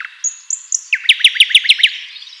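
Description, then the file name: Common nightingale song phrase: three short high whistles followed by a quick series of loud, sharp repeated notes. "Luscinia megarhynchos"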